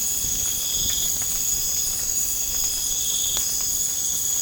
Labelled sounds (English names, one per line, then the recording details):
none
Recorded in pastures near Puerto Asís, Putumayo, Colombia, on 25 June 2025 at 03:00
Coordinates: 0.496, -76.326
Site GP01